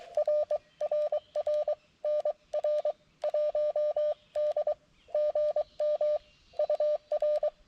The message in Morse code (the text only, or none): RRR NR 1D GM UR